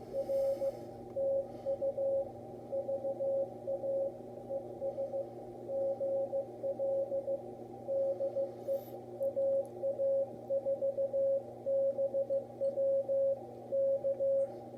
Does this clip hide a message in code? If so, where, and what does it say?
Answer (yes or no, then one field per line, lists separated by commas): yes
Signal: Morse code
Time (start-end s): 0.2-14.5 s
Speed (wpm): 16 wpm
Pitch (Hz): 550 Hz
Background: radio noise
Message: R TU VA ES GL DE AA4BW K